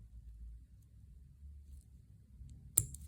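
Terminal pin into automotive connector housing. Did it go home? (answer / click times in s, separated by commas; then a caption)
yes / 2.8 s. A crimped metal terminal pin is pushed back into a plastic automotive connector housing in the same orientation. Under a low background hum, a sharp click lands at 2.8 seconds, followed by a faint tick. The pin is seated and will not pull out.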